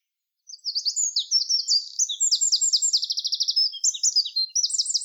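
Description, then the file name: Eurasian wren delivering a long, unbroken, high-pitched song of quick tinkling notes, with a clear mechanical trill in the middle and more warbling afterward. "Troglodytes troglodytes"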